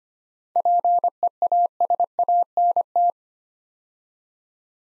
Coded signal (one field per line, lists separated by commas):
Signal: Morse code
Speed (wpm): 25 wpm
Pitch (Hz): 700 Hz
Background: none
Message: PEASANT